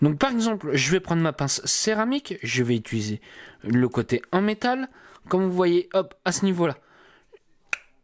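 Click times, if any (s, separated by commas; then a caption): 7.7 s. A vape box mod is turned over, and the metal end of ceramic tweezers presses through a small hole in its housing. Someone talks, then a small, sharp click sounds at 7.7 s as the internal clipped part unclips and comes free of the housing.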